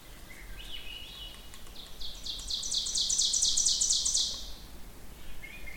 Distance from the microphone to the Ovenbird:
about 20 m